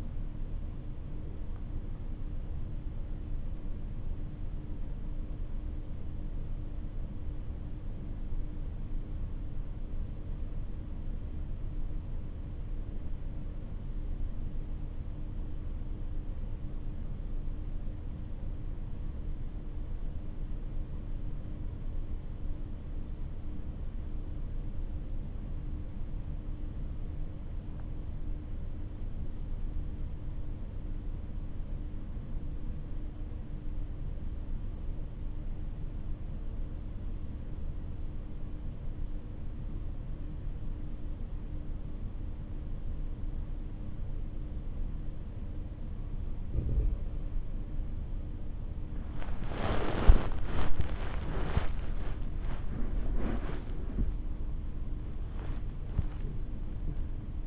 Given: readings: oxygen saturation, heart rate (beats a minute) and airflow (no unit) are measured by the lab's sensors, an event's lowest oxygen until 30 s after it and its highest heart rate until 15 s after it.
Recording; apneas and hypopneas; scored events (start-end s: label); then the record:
breathing in sleep by a smartphone at the bedside; 1
7.00-45.00 s: obstructive apnea (REM, oxygen 97% highest, then 85% lowest, heart rate 50 at the start, 78 highest)
49.00-57.47 s: new sleep stage, N1 (lightest sleep)
From the record:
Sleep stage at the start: REM sleep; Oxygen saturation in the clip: 91 to 97%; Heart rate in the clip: 48 to 77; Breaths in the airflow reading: 3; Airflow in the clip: -12.3 to 12.4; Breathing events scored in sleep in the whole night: 304 in 5.6 hours asleep